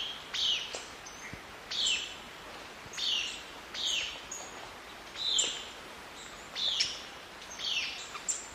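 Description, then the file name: Black-capped foliage-gleaner song: several short harsh chattering bursts, repeated at fairly even intervals over steady background hiss. "canto do limpa folha coroado"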